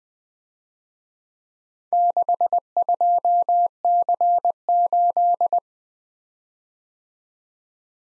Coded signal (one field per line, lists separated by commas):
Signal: Morse code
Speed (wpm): 21 wpm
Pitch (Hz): 700 Hz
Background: none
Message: 62C8